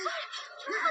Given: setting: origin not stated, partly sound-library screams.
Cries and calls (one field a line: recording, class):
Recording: one-second piece from a danger detection set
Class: woman in danger